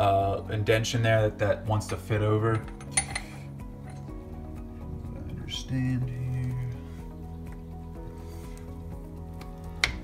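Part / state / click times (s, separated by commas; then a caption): gear or race piece onto transmission main shaft locking ball / seated / 9.8 s. A steel gear or race piece for an Early H55F transmission is slid onto the main shaft so its indentation fits over the locking ball while someone talks over background music. Quieter metallic clinks and handling noises follow, then a sharp metallic click at 9.8 s as the piece seats onto the locking ball.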